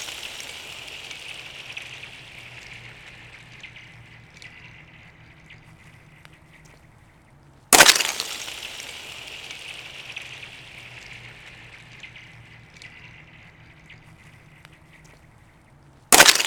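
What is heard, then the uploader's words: Ice blocks smash onto a frozen pond in two sharp, loud crashes, near eight seconds and again at the very end. After each impact a bright, glassy tinkling rings out and fades slowly over several seconds, above a faint low rumble in the background. Shattering Ice blocks on Frozen Pond ( Newton, Massachusetts ). I tossed pieces of ice blocks, and the sounds were simply amazing.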